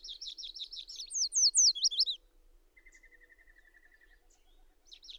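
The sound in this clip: Bird song: a run of buzzy notes followed by loud, high, downslurred notes, then a level, mid-pitched series of rapid clicks and a faint hum.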